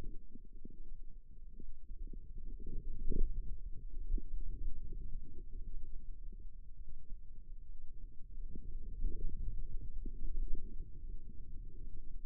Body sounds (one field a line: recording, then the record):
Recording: forearm muscle sounds (acoustic myography)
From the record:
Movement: radial deviation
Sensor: system 2, bracelet of six BSWA MPA416 microphones around the upper forearm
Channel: 1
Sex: female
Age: 25 years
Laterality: right